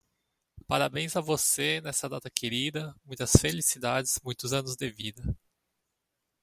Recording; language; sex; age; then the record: short text; Brazilian Portuguese; male; 30 to 39 years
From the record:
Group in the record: control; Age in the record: 35 years